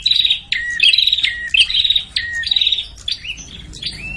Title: Suara Prenjak Ribut Buat Pikat Burung Prenjak Kepala Merah Prenjak Tamu